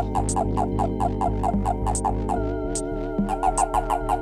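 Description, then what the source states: Japanese common toad release call: a rapid, even series of buzzy chirps. Release call, made when the toad is grabbed and wants to be let go; an angrier version than its usual call, a series of chirps.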